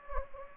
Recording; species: mosquito wingbeat signal from an infrared sensor; Anopheles gambiae